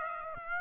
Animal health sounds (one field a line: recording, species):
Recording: mosquito wingbeat signal from an infrared sensor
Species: Aedes aegypti